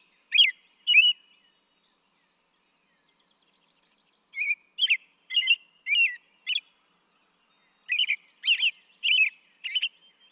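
American robin song: short, clear caroled phrases in three bursts of two to five notes separated by brief pauses, mid-high and slightly warbling, with a quiet background.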